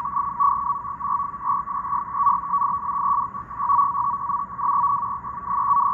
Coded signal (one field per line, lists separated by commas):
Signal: NAVTEX (SITOR-B)